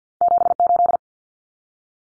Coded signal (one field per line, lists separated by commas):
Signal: Morse code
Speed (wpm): 50 wpm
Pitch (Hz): 700 Hz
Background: none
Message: 78